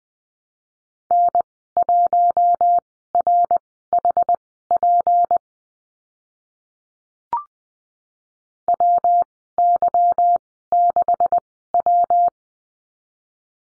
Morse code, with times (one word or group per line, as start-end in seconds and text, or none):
1.1-5.4 N1RHP
8.7-12.3 WY6W